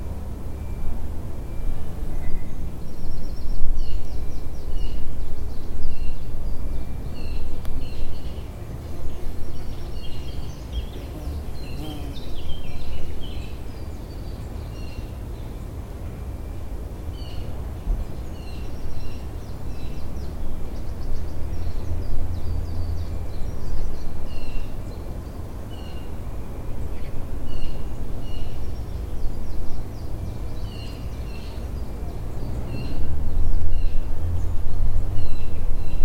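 Outdoor ambience in a small urban nature patch: steady low rumble of city traffic, with scattered bird chirps and calls throughout.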